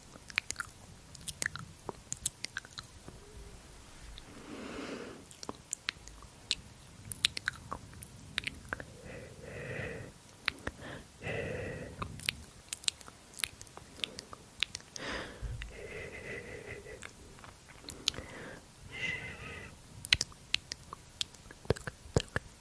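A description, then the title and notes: Dry mouth sounds and handling noises: constant sharp clicks and smacks, with murmured breathy voice bursts scattered throughout. ASMR Sleepy Hand Movements & Mouth Sounds.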